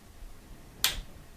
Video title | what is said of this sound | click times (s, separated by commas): ESDDI Combo Tripod & Monopod Review | there you go you hear that click that actually will let you mount this tripod and set it up | 0.8 s